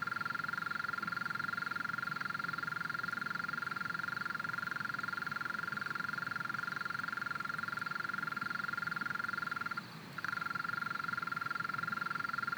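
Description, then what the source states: European mole cricket churring trill, steady and continuous, with one very short break near the end. Small wild population in a flooded alpine pasture at 1250 m, Le Villard, Drôme, France, 3 May 2020, heard every year at this period; recorded in stereo on Nagra Seven with MKH40 microphones.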